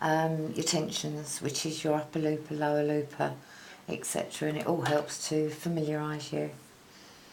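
Someone talks while thread is handled on a Juki MO-654DE serger (overlock machine), being drawn through the thread guide toward the tension disc position. Nothing has clicked or seated into the tension guide yet; the clip ends before the thread goes home.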